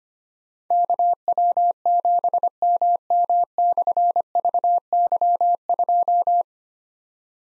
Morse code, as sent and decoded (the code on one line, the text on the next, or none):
-.- .-- --... -- -- -..-. ...- -.-- ..---
KW7MM/VY2